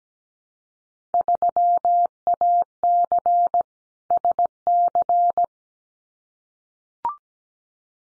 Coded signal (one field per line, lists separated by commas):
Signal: Morse code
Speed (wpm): 17 wpm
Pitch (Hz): 700 Hz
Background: none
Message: 3AC SC